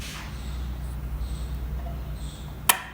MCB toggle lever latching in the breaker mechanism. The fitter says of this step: करना चाहूं तो यह ओल्ड नहीं कर रहा